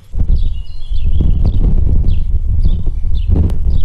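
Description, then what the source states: House Sparrow chirping in short bright notes, repeated in small bursts, over a heavy low rumble. Heard near a clinic in Radom, Poland, on 13 May 2021.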